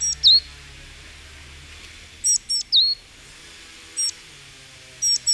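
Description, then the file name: Great tit giving thin, high calls: swooping V-shaped notes mixed with short clipped ticks, in irregular bursts roughly every second or two, a low hum beneath. "Parus major"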